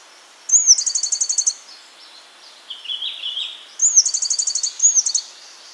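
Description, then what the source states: Fire-capped tit calling in two high, fast trilled bursts, with a softer, lower chattering phrase between them. Subspecies olivaceus.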